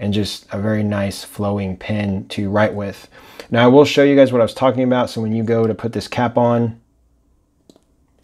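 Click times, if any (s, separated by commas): 7.7 s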